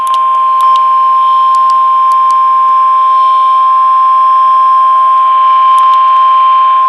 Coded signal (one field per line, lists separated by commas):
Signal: Emergency Alert System (SAME) tones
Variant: 1050 Hz attention tone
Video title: Special Marine Warning - EAS #1,585